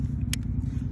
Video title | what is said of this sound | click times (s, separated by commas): New Model CI2021 Insanity Golf Electric Golf Trolley/Cart with Remote and seat part 2 | wait for the click so you know it's securely in place and | 0.3 s